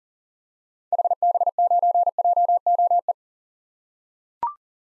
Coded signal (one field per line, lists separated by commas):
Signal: Morse code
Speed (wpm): 40 wpm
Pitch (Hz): 700 Hz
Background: none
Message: HB9JOE